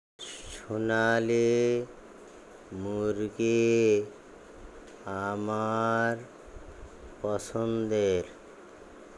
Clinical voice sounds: elicited speech; Bengali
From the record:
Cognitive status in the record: dementia

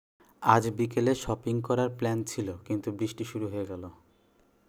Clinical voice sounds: elicited speech; Bengali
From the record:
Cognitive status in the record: cognitively healthy

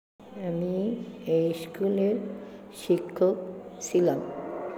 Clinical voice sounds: elicited speech; Bengali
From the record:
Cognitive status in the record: dementia

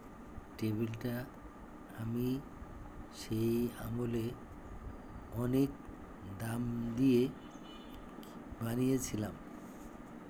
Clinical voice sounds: elicited speech; Bengali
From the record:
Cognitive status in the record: dementia

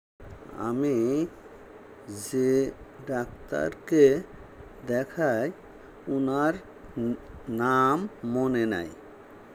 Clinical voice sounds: elicited speech; Bengali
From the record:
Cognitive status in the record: dementia

